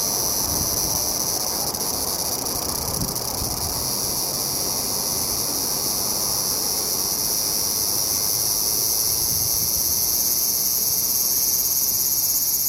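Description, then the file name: Large brown cicada making a continuous high frying hiss that stays even in loudness. "セミ アブラゼミの鳴き声"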